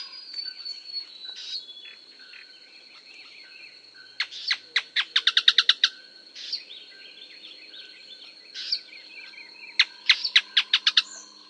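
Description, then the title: Canebrake groundcreeper giving bursts of sharp, dry, chattering notes that speed into short rattling series, over a steady high hum. "LuckyPassaro Completos2Sama. Canebrake Groundcreeper (Clibanornis dendrocolaptoides)"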